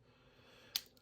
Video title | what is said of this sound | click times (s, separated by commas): Crush Gear Turbo - Garuda Phoenix Clear Ver. Unboxing and Build - 4K60 HDR10 | and it does still click in like a typical um | 0.8 s